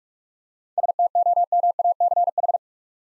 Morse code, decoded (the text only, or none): STOMACH